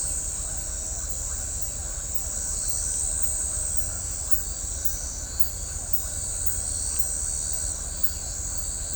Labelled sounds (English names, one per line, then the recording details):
none
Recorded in shrubland near Pivijay, Magdalena, Colombia, on 5 June 2023 at 22:00
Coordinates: 10.453, -74.365
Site P5-G022